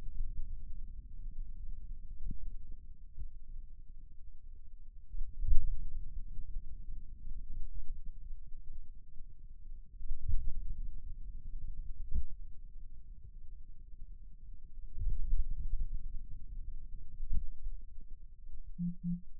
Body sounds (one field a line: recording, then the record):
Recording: forearm muscle sounds (acoustic myography)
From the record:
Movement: finger pinch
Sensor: system 2, bracelet of six BSWA MPA416 microphones around the upper forearm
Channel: 2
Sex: male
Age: 22 years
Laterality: right